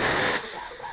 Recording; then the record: coughing mixed with background sound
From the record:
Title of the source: Spring Cold Coughing 2